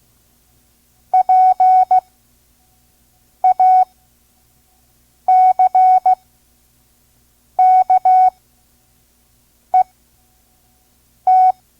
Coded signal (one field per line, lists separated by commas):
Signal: Morse code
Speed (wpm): 16 wpm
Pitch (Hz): 740 Hz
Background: none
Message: PACKET